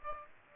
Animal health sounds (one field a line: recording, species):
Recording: mosquito wingbeat signal from an infrared sensor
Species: Aedes aegypti